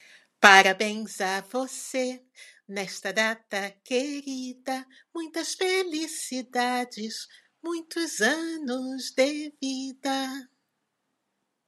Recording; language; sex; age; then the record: short text; Brazilian Portuguese; female; 60 to 69 years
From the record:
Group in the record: control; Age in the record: 65 years